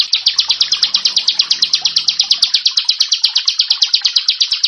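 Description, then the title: Prinia song: brisk repeated high, piercing notes in an unbroken series, with a soft low hum in the background early on. "Ciblek Sawah"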